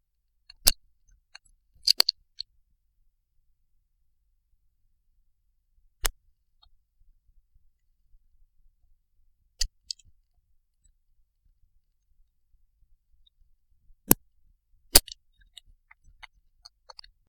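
About six very brief, sharp, click-like bursts come irregularly over roughly 17 seconds, with near silence and a few faint ticks in between. These are coughs of a laboratory mouse, picked up by sound monitoring alongside respiratory airflow waveforms.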